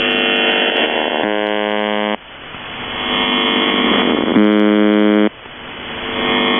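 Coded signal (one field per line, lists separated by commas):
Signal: channel marker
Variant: UVB-76 (The Buzzer)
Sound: hiss of radio static broken by two harsh, roughly one-second buzzes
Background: radio static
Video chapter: 00:00 - Kerro Marker, Kerro on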